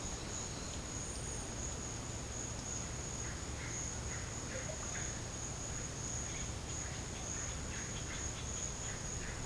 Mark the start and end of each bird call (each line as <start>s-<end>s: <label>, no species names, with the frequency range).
3.15s-5.24s: bird call (1.0-3.0 kHz)
6.30s-9.41s: bird call (1.3-3.7 kHz)